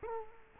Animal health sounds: mosquito wingbeat signal from an infrared sensor; Culex quinquefasciatus

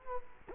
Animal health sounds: mosquito wingbeat signal from an infrared sensor; Culex quinquefasciatus

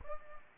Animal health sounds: mosquito wingbeat signal from an infrared sensor; Aedes aegypti

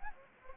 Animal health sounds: mosquito wingbeat signal from an infrared sensor; Anopheles gambiae

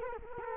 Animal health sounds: mosquito wingbeat signal from an infrared sensor; Culex quinquefasciatus

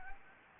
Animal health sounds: mosquito wingbeat signal from an infrared sensor; Anopheles gambiae

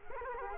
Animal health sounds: mosquito wingbeat signal from an infrared sensor; Culex quinquefasciatus

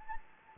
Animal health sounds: mosquito wingbeat signal from an infrared sensor; Anopheles gambiae

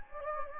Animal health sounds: mosquito wingbeat signal from an infrared sensor; Anopheles gambiae

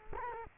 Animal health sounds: mosquito wingbeat signal from an infrared sensor; Culex quinquefasciatus

